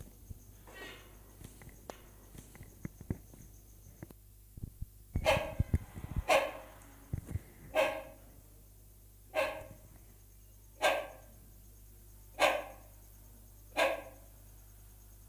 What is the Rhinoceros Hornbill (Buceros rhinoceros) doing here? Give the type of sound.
call